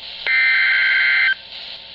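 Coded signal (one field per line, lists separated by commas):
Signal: Emergency Alert System (SAME) tones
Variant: header bursts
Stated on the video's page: Old off-air NOAA Weather Radio flash flood warning recording from station KEC83, Baltimore, on 162.400 MHz.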